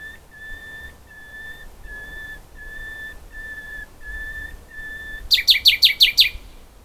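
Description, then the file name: Common nightingale song: slow, level whistled notes repeated about every three-quarters of a second, then a sudden loud burst of rapid clicking notes. "Luscinia megarhynchos"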